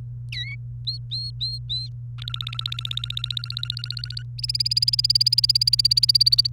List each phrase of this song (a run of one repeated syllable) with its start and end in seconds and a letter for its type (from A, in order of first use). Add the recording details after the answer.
0.33-0.56 A, 0.87-1.87 B, 2.18-4.23 C, 4.38-6.47 D. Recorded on 28 April 2018 at 14:54. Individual llb3